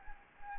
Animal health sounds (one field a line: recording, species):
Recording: mosquito wingbeat signal from an infrared sensor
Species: Anopheles gambiae